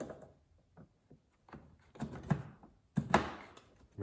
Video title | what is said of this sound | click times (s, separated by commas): Volkswagen ID.4 Cabin Air Filter Replacement DIY How-to | Make sure it clicks in over here. | 3.1 s